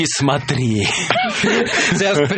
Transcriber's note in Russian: смех